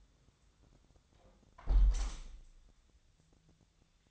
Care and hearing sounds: daily activity, microphone in the room; close window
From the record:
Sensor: 3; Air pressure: 1000.4 hPa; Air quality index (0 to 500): 152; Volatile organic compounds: 2 ppm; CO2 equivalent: 1313 ppm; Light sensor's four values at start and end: 13/35/14/15 and 13/34/13/15

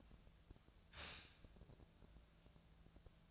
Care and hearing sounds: daily activity, microphone in the room; stop toaster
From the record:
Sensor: 2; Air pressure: 1000.0 hPa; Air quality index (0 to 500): 143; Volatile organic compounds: 2 ppm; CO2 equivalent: 1214 ppm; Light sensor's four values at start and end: 26/66/28/31 and 26/66/28/31

